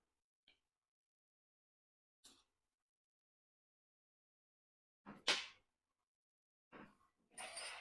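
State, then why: Seated. An internal part of a GoPro action camera, possibly a board or connector piece, is pressed back into its plastic housing during reassembly. Faint ticks come at 0.5 s and 2.3 s, then the part locks into place with the loudest click at 5.3 s, followed by further handling noises near 6.8 s and 7.4 s.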